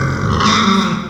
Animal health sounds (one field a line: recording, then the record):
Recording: squeal of a Yucatan mini pig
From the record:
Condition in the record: after surgery on the right vocal fold (resection and tissue-engineered implant)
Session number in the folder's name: 15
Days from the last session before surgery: 175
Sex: female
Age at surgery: 19 weeks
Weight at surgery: 25 kg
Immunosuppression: prednisolone